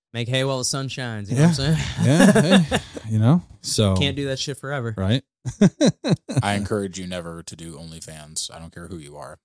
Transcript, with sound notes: Make hay well with sun shines, you know what I'm saying? (laughing)
You know?
You can't do that shit forever.
Right. (laughing)
I encourage you never to do only fans. I don't care who you are.